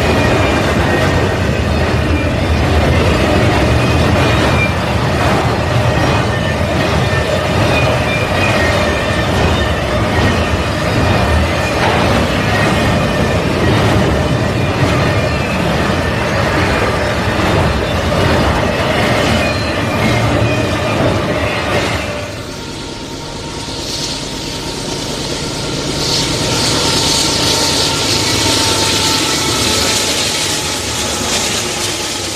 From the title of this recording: Train On Tracks